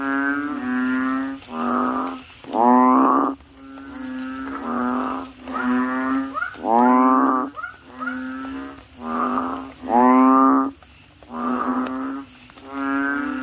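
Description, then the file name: Asian common toad continuous chorus of short, harmonic, lowing notes from several callers, some notes rising at the start. "suara kodok bangkong"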